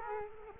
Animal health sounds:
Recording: mosquito wingbeat signal from an infrared sensor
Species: Culex quinquefasciatus

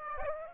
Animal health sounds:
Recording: mosquito wingbeat signal from an infrared sensor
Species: Aedes aegypti

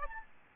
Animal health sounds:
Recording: mosquito wingbeat signal from an infrared sensor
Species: Aedes albopictus

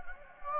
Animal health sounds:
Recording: mosquito wingbeat signal from an infrared sensor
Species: Anopheles gambiae

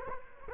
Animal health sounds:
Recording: mosquito wingbeat signal from an infrared sensor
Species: Culex quinquefasciatus

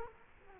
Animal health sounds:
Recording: mosquito wingbeat signal from an infrared sensor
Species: Culex quinquefasciatus

